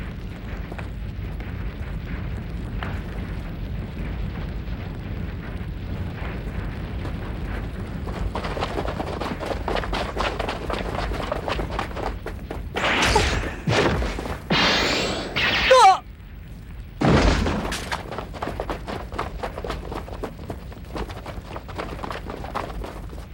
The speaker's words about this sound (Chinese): 有枪声， 这里。